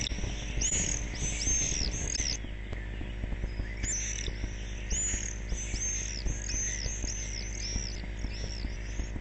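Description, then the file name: Common swift screaming calls: shrill, high arched notes repeated in quick bursts, with a pause midway before another run, over a steady low rumble of background noise. "gierzwaluw"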